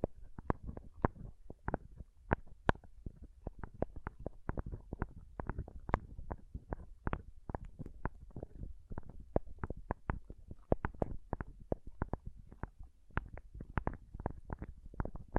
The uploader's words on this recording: ASMR Ultimate Pom Pom Tingles (No Talking).